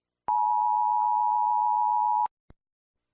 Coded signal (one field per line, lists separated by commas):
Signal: Emergency Alert System (SAME) tones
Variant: 853 and 960 Hz attention tone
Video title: EAS Scenario: China bombed Philippines